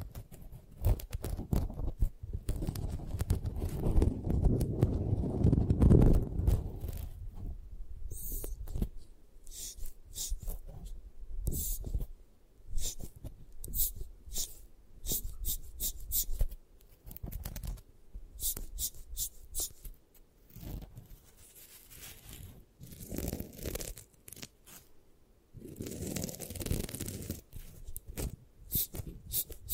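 Eye massage sounds made of tapping and scratching, with bursts of crisp, bright scratches scattered throughout. A heavier, low rubbing swell fills the first six seconds, and similar fuller passages return near 23 and 26 seconds, between quieter stretches of light ticks.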